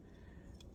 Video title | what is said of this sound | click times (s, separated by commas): BANDAI SPIRITS SUPER MINIPLA GAOMUSCLE Model Kit: SHOKY REVIEWS | go ahead and flip the head back until it locks into place there's your new megazord head | 0.6 s